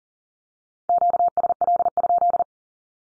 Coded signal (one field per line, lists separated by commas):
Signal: Morse code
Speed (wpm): 40 wpm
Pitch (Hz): 700 Hz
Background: none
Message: QSL?